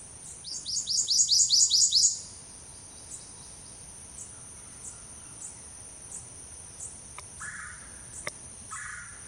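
Warbler song: a quick run of several sharp, high repeated notes, above a steady high insect pulsing that carries on afterwards.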